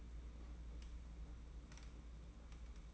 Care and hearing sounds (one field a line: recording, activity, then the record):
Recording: daily activity, microphone in the room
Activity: open fridge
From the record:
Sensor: 1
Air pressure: 991.9 hPa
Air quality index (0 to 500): 205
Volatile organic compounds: 1000 ppm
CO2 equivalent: 7936 ppm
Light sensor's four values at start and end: 29/102/39/40 and 29/102/39/40